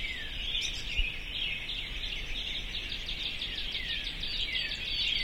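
Birds in full chorus, countless overlapping twitters and short whistled slurs blending into a continuous high wash above a constant hiss.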